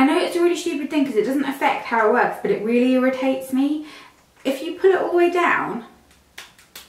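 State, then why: Seated. A loose product insert (contour) is pushed all the way down into its plastic cosmetic stick casing while someone talks. After a pause, sharp clicks sound at 6.4 s and 6.8 s as the insert seats and is no longer loose.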